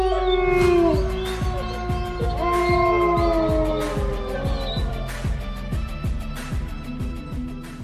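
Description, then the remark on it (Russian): A pack of beasts that has lost its prey howls together in disappointment, several long wavering voices rising and falling over one another, loud and sustained, with a rapid rhythmic thumping pulse running underneath throughout. “Окрестности огласил разочарованный вой, упустивший добычу стаи.”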